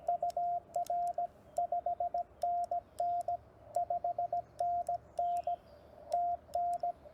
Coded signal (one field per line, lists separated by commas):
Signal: Morse code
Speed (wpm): 16 wpm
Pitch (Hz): 700 Hz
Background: radio noise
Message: UR 5NN 5NN TN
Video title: CW mistakes are OK! Get on the Air